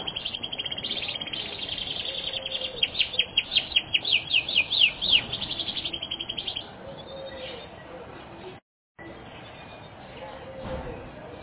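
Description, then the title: Canary song: a series of sharp repeated notes, loudest midway, then dropping to quiet background hiss with a few faint sounds. "kenarijos"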